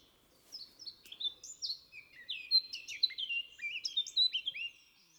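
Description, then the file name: Eurasian blackcap song: a lively, varied warble that moves into loud, fluty whistled notes, continuous for about four seconds. "Sylvia atricapilla"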